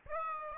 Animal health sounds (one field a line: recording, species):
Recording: mosquito wingbeat signal from an infrared sensor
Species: Aedes aegypti